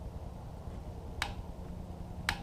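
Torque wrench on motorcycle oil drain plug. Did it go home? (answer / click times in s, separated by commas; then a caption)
yes / 1.2 s, 2.3 s. A click-type torque wrench set to 31 ft-lb tightens the drain plug on the oil pan of an FZ09 motorcycle. Two sharp clicks sound at 1.2 s and 2.3 s over a low, steady background rumble. The plug reaches the 31 ft-lb setting, and the wrench may have clicked twice.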